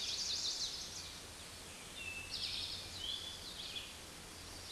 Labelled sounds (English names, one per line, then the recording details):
Eastern Towhee song
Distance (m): 50 m
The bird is about level with the microphone
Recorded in a Pennsylvania forest on 16 May 2024 at 06:40
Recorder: AudioMoth, point MSD-2287
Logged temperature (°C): 11.2 °C
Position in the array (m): 93 m, 14 m